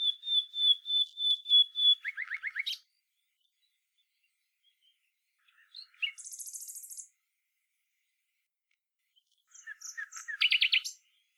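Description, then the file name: Common nightingale song: a run of repeated pure whistled notes, then rapid chattering notes, a buzzy high trill and a final burst of sharp repeated notes, separated by pauses. "Luscinia megarhynchos"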